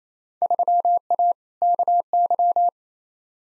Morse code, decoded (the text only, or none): 3A KY